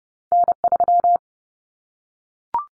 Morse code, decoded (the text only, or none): N3